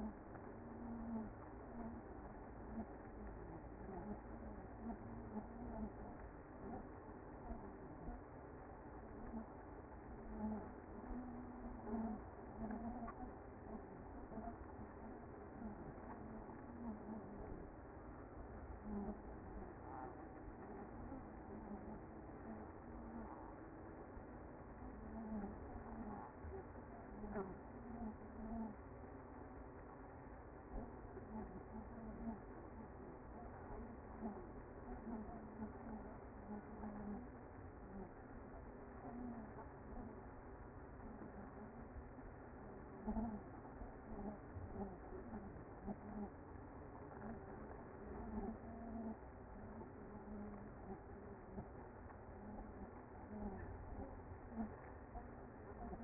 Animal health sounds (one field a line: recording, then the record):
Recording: honeybee colony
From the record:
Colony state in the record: active